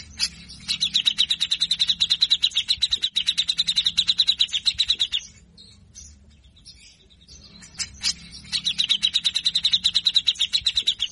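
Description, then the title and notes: Grey-cheeked bulbul song in two long, rough, fast-rattling runs of evenly repeated notes, separated by a quiet gap of a few seconds. Bird singing actively (gacor) in a full rough rattling style (besetan kasar) with 'ngepik' notes. "MASTERAN CUCAK JENGGOT GACOR FULL BESETAN KASAR. Masteran cucak Jenggot gacor Mbeset Ngepik. Burung cucak jenggot"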